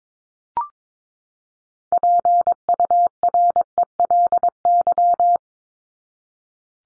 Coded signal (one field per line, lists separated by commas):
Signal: Morse code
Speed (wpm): 22 wpm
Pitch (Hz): 700 Hz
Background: none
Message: PURELY